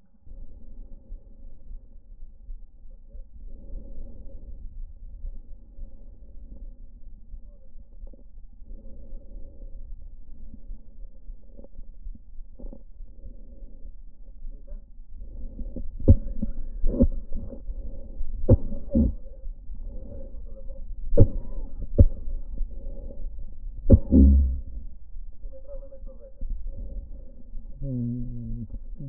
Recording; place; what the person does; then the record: lung sounds by stethoscope; left anterior apical chest; quiet breathing, then cough and speech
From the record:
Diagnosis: pulmonary infection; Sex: male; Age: 69 years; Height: 184 cm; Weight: 115 kg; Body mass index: 34.0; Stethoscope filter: diaphragm mode